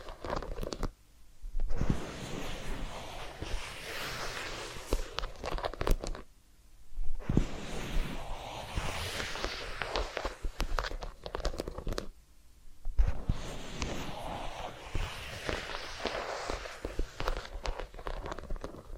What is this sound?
Massage, Ear Cleaning and Spa